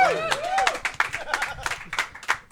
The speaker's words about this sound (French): Étrange applaudissement. Ben, c'est généralement ce que ça donne.